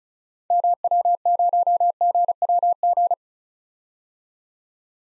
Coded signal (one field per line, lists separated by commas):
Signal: Morse code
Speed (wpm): 36 wpm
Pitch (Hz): 700 Hz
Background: none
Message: MW0GWG